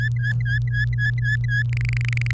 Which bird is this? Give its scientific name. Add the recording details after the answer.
Serinus canaria. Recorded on 28 April 2018 at 05:58. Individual llb3